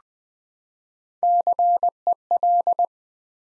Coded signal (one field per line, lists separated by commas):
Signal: Morse code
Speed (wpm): 20 wpm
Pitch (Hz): 700 Hz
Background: none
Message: CEL